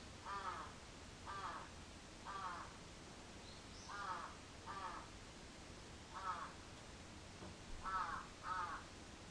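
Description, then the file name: Crow cawing in spaced hoarse notes, several caws with uneven gaps, and a faint high chirp briefly in the background. Recorded 14 July 2022 at 06:37. "karasu-in 220714 0637"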